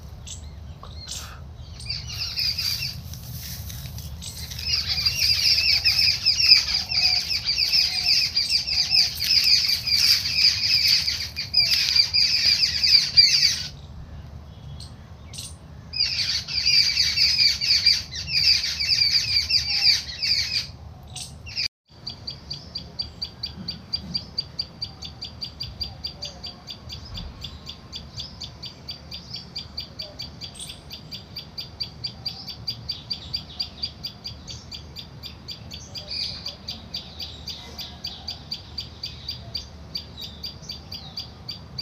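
Birds chorus, with dense bright trilling from about 2 to 21 seconds, then a thinner steady high buzz over low rumble.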